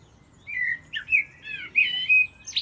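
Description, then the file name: Common blackbird song: a continuous run of rich, fluty warbles sliding up and down, closing with a sharp high squeak. "Turdus merula"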